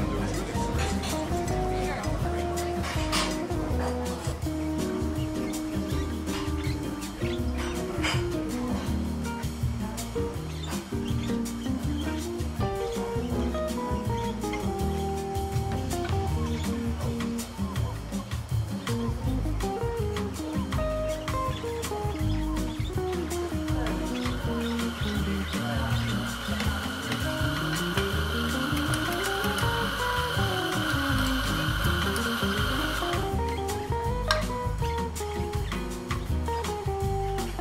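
Seaside cafe ambience with steady murmuring voices over a busy melodic backdrop, and a bright hissing rush from about 25 to 33 seconds.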